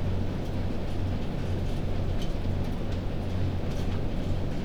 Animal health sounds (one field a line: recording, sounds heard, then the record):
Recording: poultry house recording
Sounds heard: no chicken sound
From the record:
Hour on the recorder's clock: 22